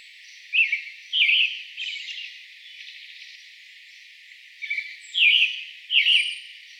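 Pale Thrush song of short rolling phrases, a few early and a few later after a quiet gap.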